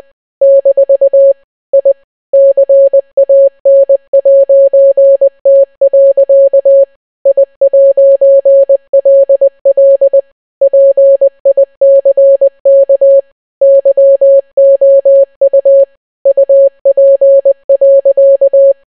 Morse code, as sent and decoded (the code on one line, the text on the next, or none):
-....- / .. / -.-. .- -. .----. - .-.-.- / .. .----. .-.. .-.. / .--. .. -.-. -.- / -.-- --- ..- / ..- .--. .-.-.-
- I CAN'T. I'LL PICK YOU UP.